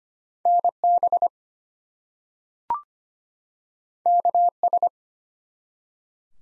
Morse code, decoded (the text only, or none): NB KS